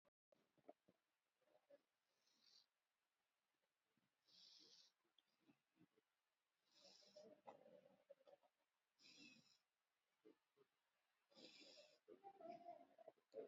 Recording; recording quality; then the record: shallow breathing; excellent, no background noise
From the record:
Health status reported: COVID-19 positive, moderate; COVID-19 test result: positive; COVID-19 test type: RT-PCR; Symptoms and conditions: breathing difficulty, fever, loss of smell and taste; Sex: male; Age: 38 years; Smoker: no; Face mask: worn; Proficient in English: yes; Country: India